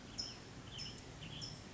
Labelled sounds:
California Towhee
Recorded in Sonoma County, California

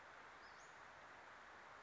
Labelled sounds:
Western Flycatcher
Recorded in Sonoma County, California

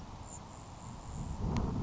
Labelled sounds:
Grasshopper Sparrow
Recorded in Sonoma County, California

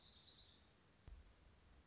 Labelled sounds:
Orange-crowned Warbler
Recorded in Sonoma County, California

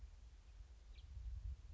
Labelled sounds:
House Finch
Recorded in Sonoma County, California

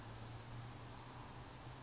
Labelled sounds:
California Towhee
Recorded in Sonoma County, California

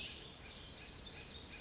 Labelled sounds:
Cassin's Vireo
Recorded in Sonoma County, California

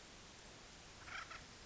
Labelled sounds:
Acorn Woodpecker
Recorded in Sonoma County, California

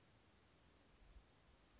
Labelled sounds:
Chestnut-backed Chickadee
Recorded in Sonoma County, California

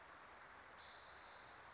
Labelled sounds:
Spotted Towhee
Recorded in Sonoma County, California

